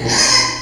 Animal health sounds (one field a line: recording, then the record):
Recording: squeal of a Yucatan mini pig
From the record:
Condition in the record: before surgery on the right vocal fold (resection and tissue-engineered implant)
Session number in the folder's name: 2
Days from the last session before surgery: 0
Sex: male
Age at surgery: 12 weeks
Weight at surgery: 13 kg